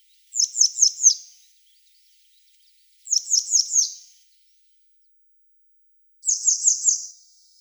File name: Motacilla cinerea